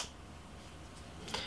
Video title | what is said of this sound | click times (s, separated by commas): Logic Compact, la réponse de JTI au marché de la Juul Like Review Test Fr | le pod en lui-même se présente de cette manière là le pote viendra se clipser de manière aimanté également au niveau de la batterie et | 1.3 s